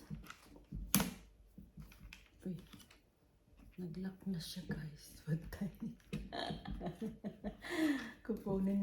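A phone clamp or head on a selfie stick, whose part had kept spinning, locks into place with a sharp click at 0.9 s. Someone talks throughout, with small handling clicks and taps around it, and the holder is now locked.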